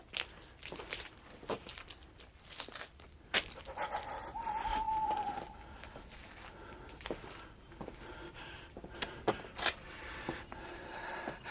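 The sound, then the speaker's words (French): A dog pants in quick, irregular breaths, with a thin, rising whimper drawn out for a second or so midway, amid soft shuffling and scratchy movement sounds. “Tu me dis pas que les chiens font des cauchemars aussi?”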